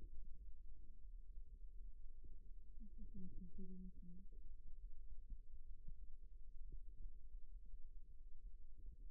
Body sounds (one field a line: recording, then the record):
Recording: forearm muscle sounds (acoustic myography)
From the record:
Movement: rest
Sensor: system 2, bracelet of six BSWA MPA416 microphones around the upper forearm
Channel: 5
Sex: male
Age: 22 years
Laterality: right